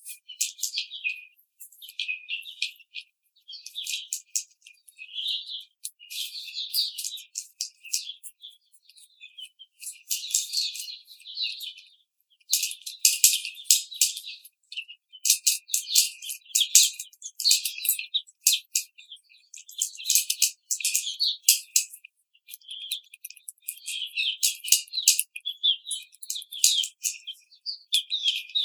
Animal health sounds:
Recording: young laying hens in a cage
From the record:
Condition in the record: treatment cage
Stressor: simulated dog barking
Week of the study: 5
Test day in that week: 1

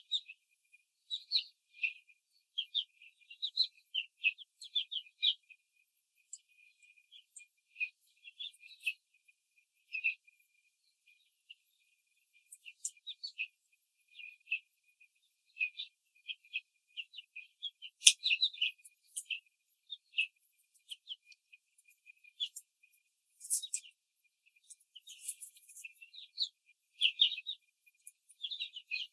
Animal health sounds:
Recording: young laying hens in a cage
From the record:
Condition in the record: control cage, after the stress test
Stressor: none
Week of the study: 4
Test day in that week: 3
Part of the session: 2

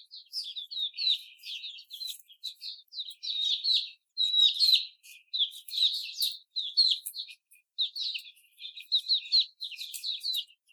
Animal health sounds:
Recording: young laying hens in a cage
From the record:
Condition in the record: after the stressor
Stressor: simulated dog barking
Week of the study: 4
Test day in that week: 2

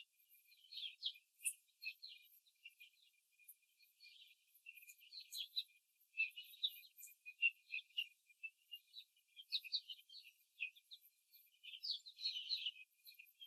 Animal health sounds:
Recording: young laying hens in a cage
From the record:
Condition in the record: before the stressor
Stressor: simulated dog barking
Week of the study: 3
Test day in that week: 2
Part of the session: 1

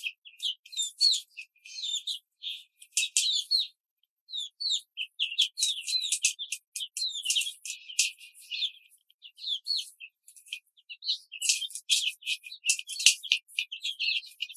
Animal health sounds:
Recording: young laying hens in a cage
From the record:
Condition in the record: control cage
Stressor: none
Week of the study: 5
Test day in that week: 1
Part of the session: 3

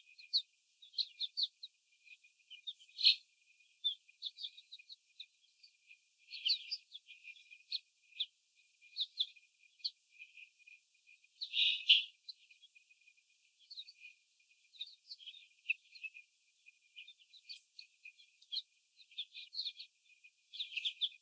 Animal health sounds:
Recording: young laying hens in a cage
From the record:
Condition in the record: after the stressor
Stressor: simulated dog barking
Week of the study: 4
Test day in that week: 3

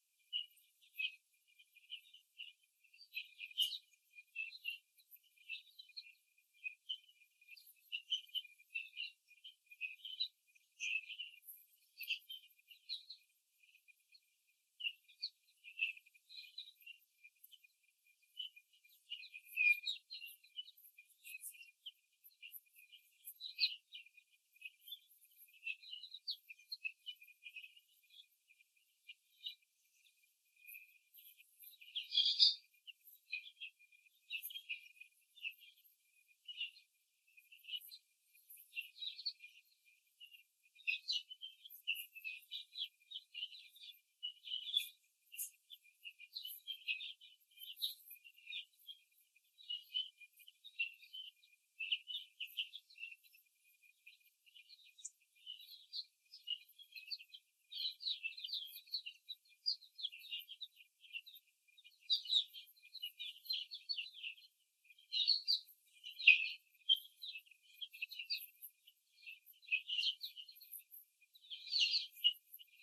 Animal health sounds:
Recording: young laying hens in a cage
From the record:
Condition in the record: before the stressor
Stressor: simulated dog barking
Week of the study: 3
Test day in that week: 1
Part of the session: 3

